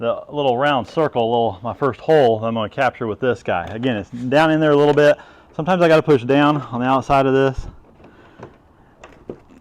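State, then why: Seated. Someone talks while pushing down on the outside of an airplane cowling to fit its hinge pin into the first hinge hole on the airframe. After the talking, a few small clicks and knocks follow, and the pin captures and locks into place on the top with a click at 9.3 seconds.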